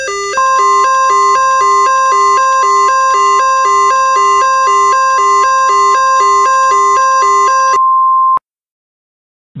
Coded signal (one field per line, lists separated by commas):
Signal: Emergency Alert System (SAME) tones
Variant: 1050 Hz attention tone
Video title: EAS Mock #120: SVR in Wilcox, AL June 12, 2023